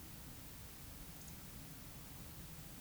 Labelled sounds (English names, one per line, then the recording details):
Eurasian Woodcock whistle
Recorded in Baden-Württemberg, Germany, on 10 May 2021 at 19:46 UTC
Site 24606, 635 m above sea level